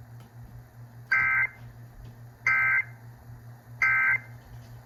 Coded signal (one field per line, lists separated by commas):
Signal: Emergency Alert System (SAME) tones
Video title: The first EAS Compilation of 2023 (4/1/23) (EAS #527 - 532)